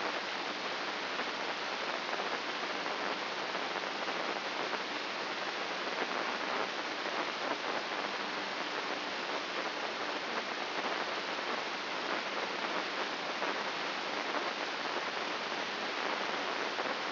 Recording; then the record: brain microelectrode recording played as sound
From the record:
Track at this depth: inside the subthalamic nucleus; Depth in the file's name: 5.429 mm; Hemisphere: left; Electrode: 3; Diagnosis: Parkinson's disease